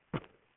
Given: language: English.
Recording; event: throat vibration sensor signal played as sound; cough